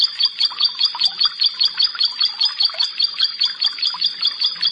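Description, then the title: Bar-winged prinia song: a steady, rapid series of high, sharp double-toned notes. "Ciblek Sawah"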